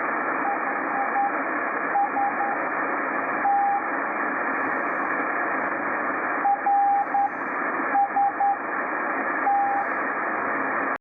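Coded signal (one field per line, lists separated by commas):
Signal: Morse code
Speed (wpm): 10 wpm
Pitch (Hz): 800 Hz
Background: radio noise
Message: EIST RST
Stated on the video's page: Unidentified CW beacon repeatedly sending the letters R S T on 5198 kHz, received on an Icom IC-R8500.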